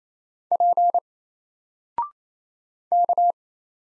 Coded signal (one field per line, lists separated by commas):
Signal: Morse code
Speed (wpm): 27 wpm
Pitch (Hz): 700 Hz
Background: none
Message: P K